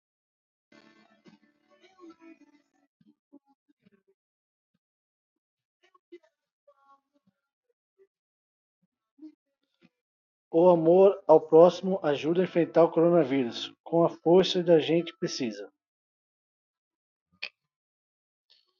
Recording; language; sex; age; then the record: spoken sentence; Brazilian Portuguese; male; 40 to 49 years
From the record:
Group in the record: control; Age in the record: 42 years